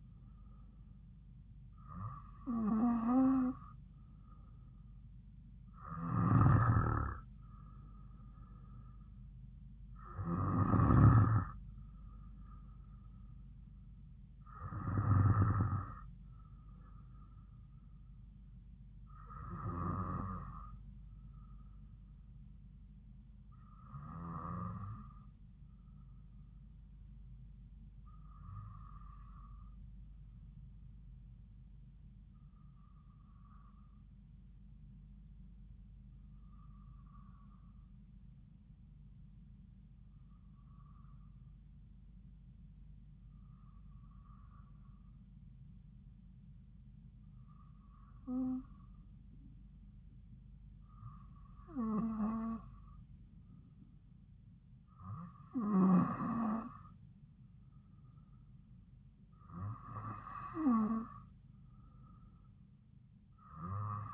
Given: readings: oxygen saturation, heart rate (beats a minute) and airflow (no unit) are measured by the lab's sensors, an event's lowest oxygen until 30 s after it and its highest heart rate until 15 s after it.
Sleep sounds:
breathing in sleep by a smartphone at the bedside; 1
33.00-56.80 s: hypopnea (N2, oxygen 96% highest, then 93% lowest)
From the record:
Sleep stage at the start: N2 (light sleep); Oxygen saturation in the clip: 93 to 96%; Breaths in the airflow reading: 15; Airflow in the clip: -4.4 to 5.0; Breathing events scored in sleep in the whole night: 270 in 6.1 hours asleep

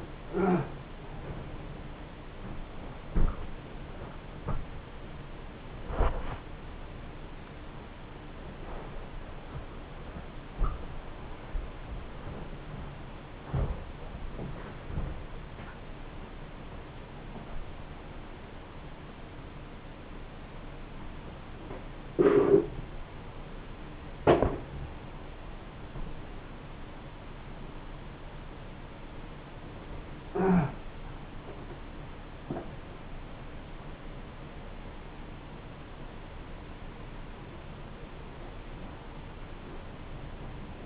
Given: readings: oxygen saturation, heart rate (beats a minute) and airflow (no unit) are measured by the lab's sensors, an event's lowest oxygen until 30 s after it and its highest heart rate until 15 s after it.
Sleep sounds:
a person awake in a sleep study, by a voice recorder at the bedside; none
0.00-40.86 s: awake
From the record:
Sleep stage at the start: awake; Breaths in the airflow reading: 15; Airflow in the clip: -0.6 to 0.8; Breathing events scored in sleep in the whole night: 304 in 5.6 hours asleep

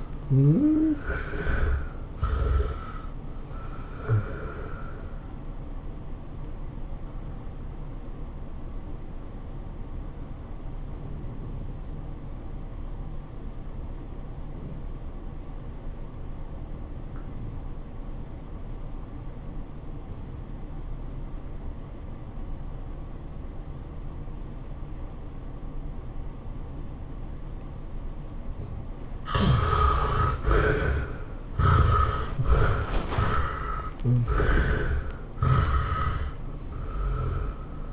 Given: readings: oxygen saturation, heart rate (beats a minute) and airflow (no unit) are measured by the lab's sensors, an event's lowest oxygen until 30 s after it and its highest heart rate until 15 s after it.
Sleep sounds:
breathing in sleep by a smartphone at the bedside; 1
6.00-30.10 s: obstructive apnea (REM, oxygen 97% highest, then 69% lowest, heart rate 110 at the start, 114 highest)
From the record:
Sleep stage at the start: REM sleep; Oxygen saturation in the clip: 64 to 97%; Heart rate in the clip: 95 to 116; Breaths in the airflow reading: 6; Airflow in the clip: -15.9 to 10.9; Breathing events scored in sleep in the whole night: 403 in 5.5 hours asleep

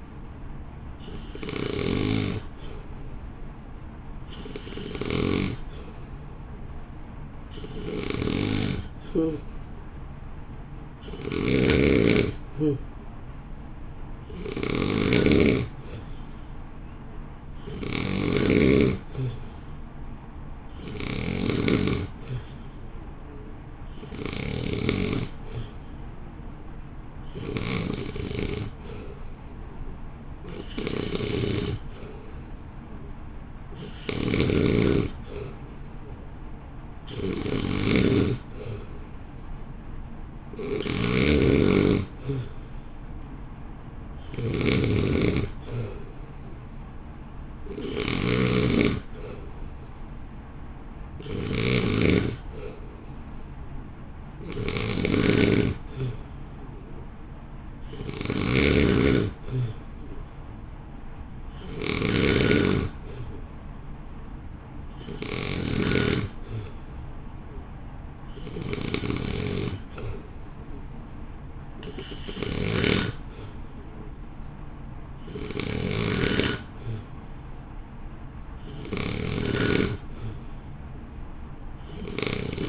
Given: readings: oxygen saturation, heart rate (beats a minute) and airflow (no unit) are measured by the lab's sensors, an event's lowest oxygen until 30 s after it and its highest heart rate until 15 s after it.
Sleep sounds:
breathing in sleep by a smartphone at the bedside; none
none scored
From the record:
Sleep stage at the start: N2 (light sleep); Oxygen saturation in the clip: 88 to 91%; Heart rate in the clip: 55 to 58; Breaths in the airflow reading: 30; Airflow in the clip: -1.4 to 1.3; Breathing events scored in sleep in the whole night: 328 in 6.3 hours asleep

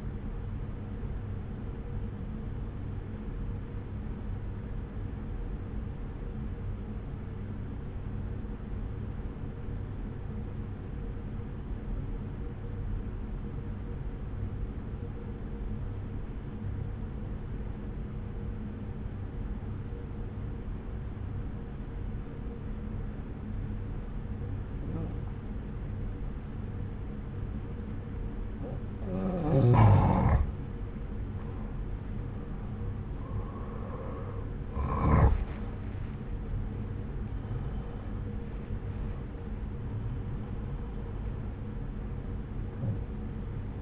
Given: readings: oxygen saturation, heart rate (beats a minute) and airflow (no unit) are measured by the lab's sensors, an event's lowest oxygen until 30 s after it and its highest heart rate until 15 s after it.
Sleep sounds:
breathing in sleep by a smartphone at the bedside; 1
4.00-34.00 s: hypopnea (N2, oxygen 96% highest, then 86% lowest)
4.00-43.82 s: new sleep stage, N2 (light sleep)
From the record:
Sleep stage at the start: N1 (lightest sleep); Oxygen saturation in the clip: 84 to 96%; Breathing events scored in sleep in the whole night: 303 in 8.1 hours asleep

